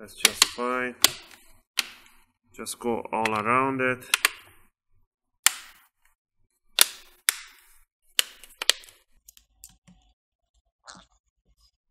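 Someone talks while pressing down around the edge of the plastic bottom cover of a Toshiba Satellite C50 laptop. The remaining snap clips click into the chassis with loud, sharp clicks at 5.5, 6.8, 7.3, 8.2, 8.6 and 8.7 seconds. The cover is seated.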